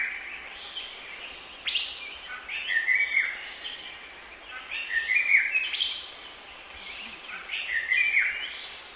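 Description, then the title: Bird song in short bursts of sweet, warbling and trilled phrases, repeated every couple of seconds over a steady high hiss. "burung online"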